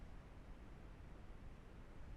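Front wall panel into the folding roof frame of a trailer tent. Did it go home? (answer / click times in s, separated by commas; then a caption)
no / none. The front wall panel of a trailer tent is handled into the folding roof frame after the roof is lifted and the wall pulled forward, with the panel meant to snap into place. Over 2.2 seconds only steady, broadband rushing noise is heard, with no sharp hits. Nothing has seated or clicked yet.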